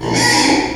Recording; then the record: squeal of a Yucatan mini pig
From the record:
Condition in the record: before surgery on the right vocal fold (resection and tissue-engineered implant); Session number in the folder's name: 2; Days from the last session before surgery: 0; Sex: male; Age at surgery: 12 weeks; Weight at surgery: 13 kg